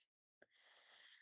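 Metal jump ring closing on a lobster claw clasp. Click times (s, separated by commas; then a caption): 0.4 s. A metal jump ring is twisted closed after a lobster claw clasp is attached, and it seats with a short, sharp metallic click at 0.4 s. A steady high-pitched hiss follows from about 0.5 s to the end, after a brief silent gap before the click.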